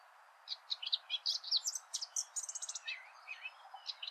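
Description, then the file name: Eurasian blackcap warbling, a fast jumble of thin chirps and twitters, briefly rising into a rapid stuttering run. "Sylvia atricapilla"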